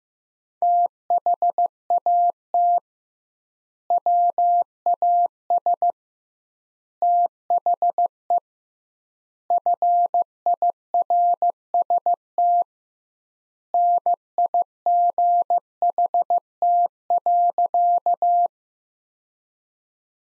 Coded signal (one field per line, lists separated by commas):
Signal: Morse code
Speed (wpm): 15 wpm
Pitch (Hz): 700 Hz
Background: none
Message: THAT WAS THE FIRST NIGHT.